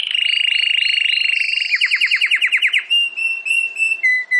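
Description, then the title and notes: Domestic canary song: a fast trill, then a run of quick downward swoops, ending with separate whistled notes at two pitches. Belgian canary (Campainha), singing. "Canário Belga Campainha Canary Singing. Canario Belga Cantando"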